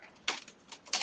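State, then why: Seated. A plastic toy brick is pressed into place in a modular building model, and it snaps home with a sharp click at 0.3 s. Softer taps follow, with another bright clatter near 0.9 s. The brick is seated and locked into place.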